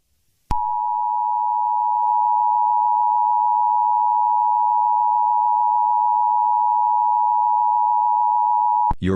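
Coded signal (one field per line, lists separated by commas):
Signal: Emergency Alert System (SAME) tones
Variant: 853 and 960 Hz attention tone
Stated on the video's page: Fictional scenario alert, simulated rather than real.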